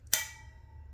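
A shelf rail on a steel storage rack is pulled down into the upright slots and snaps into place with a sharp metallic click at 0.1 s, preceded by a faint tick. The click leaves a ringing metallic tone that fades slowly, and the rail is seated.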